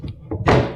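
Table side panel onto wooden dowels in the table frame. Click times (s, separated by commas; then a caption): 0.5 s. A particleboard side panel of a Signature Design by Ashley Valebeck square lift-top cocktail table (T468-00) is pushed onto wooden dowels and fittings in the table frame. Two light knocks at 0.1 s and 0.3 s lead into a loud, broadband thunk at 0.5 s that rings down over the rest of the clip. The panel seats fully home at 0.5 s.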